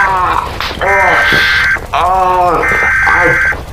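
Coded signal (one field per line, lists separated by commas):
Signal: Emergency Alert System (SAME) tones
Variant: header bursts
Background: speech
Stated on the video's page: Fictional EAS scenario.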